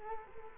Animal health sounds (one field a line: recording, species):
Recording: mosquito wingbeat signal from an infrared sensor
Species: Culex quinquefasciatus